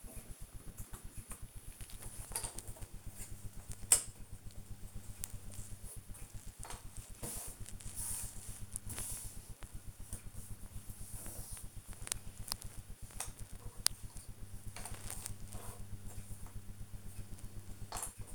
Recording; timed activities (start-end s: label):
household activities, microphone on the right wrist
0.00-18.35 s: doing a puzzle